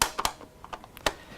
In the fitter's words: we'll put the cover back on and the cover lines up and you can feel it snap into place